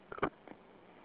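A single abrupt, brief voiced hiccup catch from an adult man in a phone message, followed by a faint softer echo about half a second later, over a quiet, band-limited room hiss.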